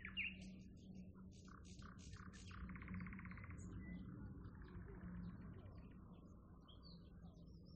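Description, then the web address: Nightingale song of sharp chips, a quick buzzy trill and faint fluting notes, over a steady low drone. "naichinkeru"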